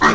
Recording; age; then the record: pig call; piglet (1 to 25 days)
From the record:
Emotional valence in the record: positive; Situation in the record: reunion after long isolation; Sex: female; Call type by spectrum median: low-frequency call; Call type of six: low-frequency tonal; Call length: 0.14 s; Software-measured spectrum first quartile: 717 Hz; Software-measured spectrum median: 1215 Hz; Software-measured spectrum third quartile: 1851 Hz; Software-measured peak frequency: 1291 Hz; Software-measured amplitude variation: 68 dB a second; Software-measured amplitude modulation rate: 3.5 a second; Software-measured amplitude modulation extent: 19.6 dB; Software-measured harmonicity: 0.0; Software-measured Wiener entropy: -1.00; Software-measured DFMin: 1027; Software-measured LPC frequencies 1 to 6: 1179, 1871, 3352, 4102, 5814, 6648 Hz